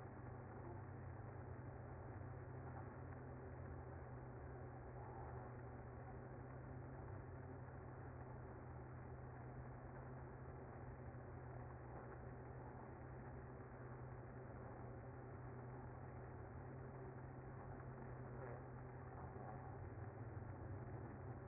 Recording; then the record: honeybee colony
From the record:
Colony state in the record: active